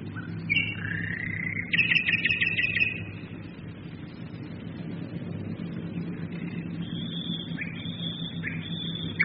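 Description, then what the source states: Nightingale song, a fast burst of repeated whistled notes followed by higher sustained whistles, over a steady deep drone of aircraft engines. Nightingales singing together with bombers during World War II, 1942.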